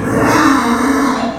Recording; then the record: squeal of a Yucatan mini pig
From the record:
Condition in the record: after surgery on the right vocal fold (resection and tissue-engineered implant); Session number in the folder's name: 4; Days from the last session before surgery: 26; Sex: female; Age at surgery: 19 weeks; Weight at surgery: 25 kg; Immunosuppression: prednisolone